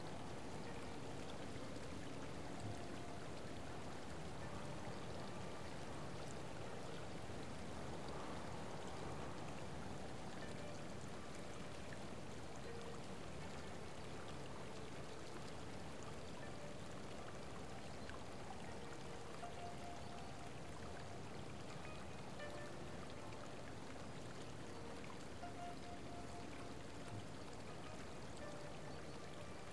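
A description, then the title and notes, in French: Water in a hot spring bubbles and pours steadily throughout, a dense, even gurgle concentrated in the low and middle range, with faint brief tones near the end. Dans une source d'eau chaude.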